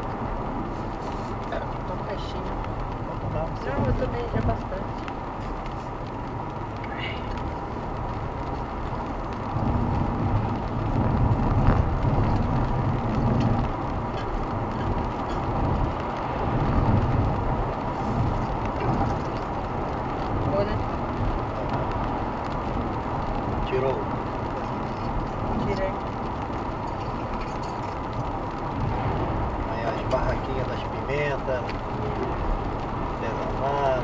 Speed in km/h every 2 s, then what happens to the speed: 94, 94, 94, 97, 99, 100, 103, 107, 107, 110, 109, 106, 100, 97, 95, 97, 97.
0-17 speeds up to 110. 17-28 slows to 95. 28-34 steady at about 97.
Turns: none.